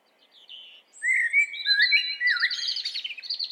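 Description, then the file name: Common blackbird song: a faint high note, then a mellow warbled phrase that rises into a squeaky, high twittering flourish. "Turdus merula"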